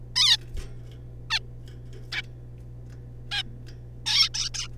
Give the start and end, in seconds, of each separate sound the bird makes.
0.16-0.37, 1.30-1.39, 2.12-2.22, 3.31-3.43, 4.06-4.29, 4.34-4.49, 4.54-4.68